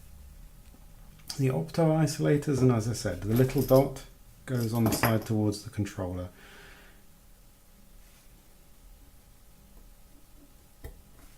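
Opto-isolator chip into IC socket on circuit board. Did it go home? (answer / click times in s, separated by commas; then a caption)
no / none. An opto-isolator chip is handled over its IC socket on a clock circuit board, with its dot facing the controller, while someone talks from about 1.3 to 6.3 s. After that there are only faint handling noises and a brief small tick at about 10.9 s. Nothing has seated or clicked yet.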